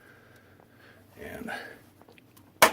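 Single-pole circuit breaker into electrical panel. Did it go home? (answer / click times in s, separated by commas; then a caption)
yes / 2.6 s. The remaining side of a Cutler Hammer single-pole circuit breaker is pushed home into an electrical panel while someone talks briefly. After a few faint ticks, a loud, sharp snap at 2.6 s marks the breaker seating fully.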